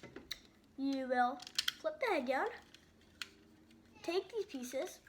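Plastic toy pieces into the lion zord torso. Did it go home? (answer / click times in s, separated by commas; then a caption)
no / none. Someone talks while handling plastic toy robot pieces on the Lion Zord, turning it into the torso of a Power Rangers Samurai Megazord by flipping the head down and taking pieces to push them down. Short, sharp plastic ticks are heard at about 0.3 s and 3.2 s between the speech. Nothing has seated or clicked into place yet.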